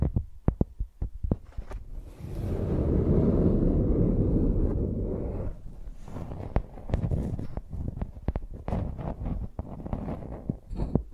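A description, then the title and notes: A microphone is used like a pencil, tapping and scraping against a surface. Sharp, irregular taps open the clip, then a dense, low, rumbling scrub builds and holds from about two to five seconds before fading into quicker scratchy strokes and clicks. Using Mics as Pencils (No Talking).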